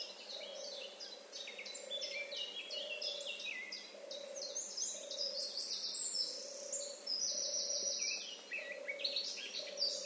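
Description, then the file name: Eurasian blackcap singing a dense, fast warble of jumbled high notes, with a low soft hooting note repeated about once a second underneath. "Sylvia atricapilla"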